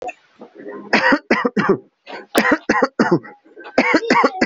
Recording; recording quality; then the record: shallow voluntary cough; excellent, no background noise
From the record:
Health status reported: healthy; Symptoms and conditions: fever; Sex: male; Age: 23 years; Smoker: not ticked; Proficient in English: yes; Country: India